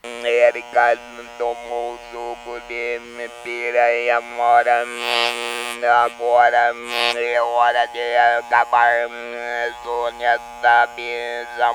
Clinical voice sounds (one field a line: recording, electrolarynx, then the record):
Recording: speech with an electrolarynx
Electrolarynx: modified device, with random pitch perturbation and pitch set by sex and age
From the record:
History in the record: total laryngectomy